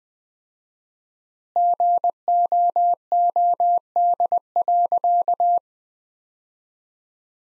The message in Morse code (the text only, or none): GOOD.